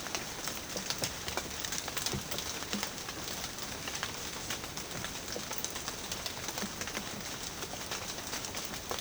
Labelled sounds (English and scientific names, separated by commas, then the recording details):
none
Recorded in secondary vegetation near Puerto Asís, Putumayo, Colombia, on 30 June 2025 at 13:00
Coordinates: 0.500, -76.326
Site GP08